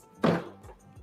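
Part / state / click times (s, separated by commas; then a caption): top panel onto tabs of ice machine assembly / seated / 0.2 s. A plastic top panel slides into place on an ice machine assembly and locks onto its tabs with a single solid thunk at 0.3 s, which then fades out. The panel is seated and locked in, leaving the assembly completely assembled.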